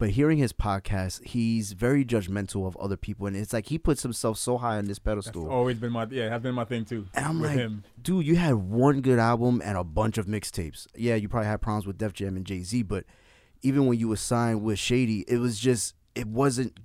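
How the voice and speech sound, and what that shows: An adult man talks casually at a relaxed conversational pace, with a mid-low pitch, lively intonation and short pauses between phrases. His speech is fluent, clearly articulated and normally voiced, typical conversational speech with no disordered features.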